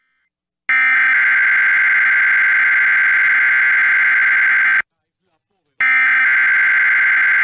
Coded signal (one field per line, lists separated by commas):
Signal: Emergency Alert System (SAME) tones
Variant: header bursts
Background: speech